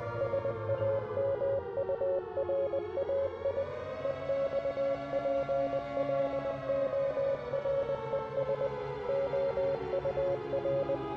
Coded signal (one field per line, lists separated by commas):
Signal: Morse code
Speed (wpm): 20 wpm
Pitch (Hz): 550 Hz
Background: music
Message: SAMURAI EXPLORES OUR